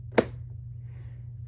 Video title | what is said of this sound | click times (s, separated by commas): P3 Deep Clean a Miele Blizzard CX1 vacuum - (Part 3 of 3: Reassembly & Finishing Touches) | it snaps into place like this so | 0.2 s